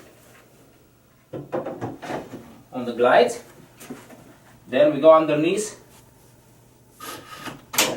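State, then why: Seated. A drawer box is set on full-extension glides and pulled forward from underneath until the locking clip under the drawer engages the glide runner, while someone talks. A single sharp click is heard at 7.8 seconds as the drawer seats onto the glide's locking device.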